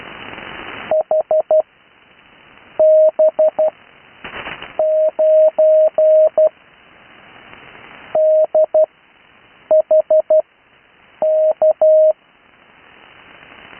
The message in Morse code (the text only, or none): HB9DHK